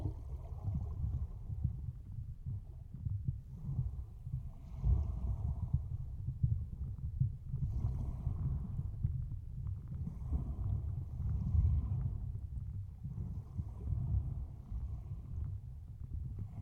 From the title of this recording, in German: Von unter Wasser aus angehört hat das Meer erstaunlich viel Bass.